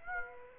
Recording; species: mosquito wingbeat signal from an infrared sensor; Aedes aegypti